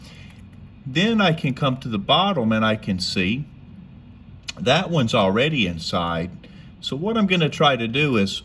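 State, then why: Not seated. A beads-of-rice metal bracelet is being fitted to a vintage King Seiko 5626-7000 watch case, with the spring bar end to be pushed in until it snaps into the lug pinhole on the top side. A man talks throughout, with only faint handling noise in the pauses. Nothing has seated or clicked yet.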